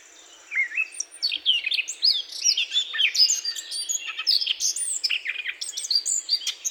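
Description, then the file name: Eurasian blackcap warbling steadily: rich, jumbled whistles and chattering notes that rise and fall without pause after a quiet first half-second. "Sylvia atricapilla"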